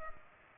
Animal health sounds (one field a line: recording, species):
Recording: mosquito wingbeat signal from an infrared sensor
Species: Culex pipiens